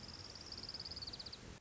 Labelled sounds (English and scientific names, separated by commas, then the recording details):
Orange-crowned Warbler (Leiothlypis celata)
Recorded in Sonoma County, California